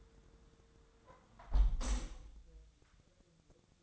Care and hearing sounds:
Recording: daily activity, microphone in the room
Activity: close window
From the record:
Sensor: 3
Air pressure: 999.8 hPa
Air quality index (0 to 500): 218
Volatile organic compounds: 77 ppm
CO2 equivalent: 3580 ppm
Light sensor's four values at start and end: 10/23/9/9 and 9/22/9/8

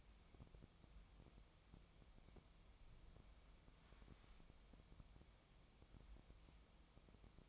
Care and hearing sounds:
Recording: daily activity, microphone in the room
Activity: wipe stove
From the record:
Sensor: 1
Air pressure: 1004.8 hPa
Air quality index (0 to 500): 79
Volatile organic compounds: 2 ppm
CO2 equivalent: 1058 ppm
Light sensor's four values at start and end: 9/23/9/10 and 9/23/9/10

